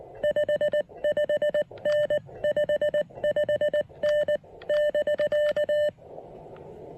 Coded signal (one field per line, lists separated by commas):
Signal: Morse code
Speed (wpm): 19 wpm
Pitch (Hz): 600 Hz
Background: none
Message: 55N55N <BK>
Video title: Field Report: Giving the Elecraft KX1 a thorough post-operation POTA test!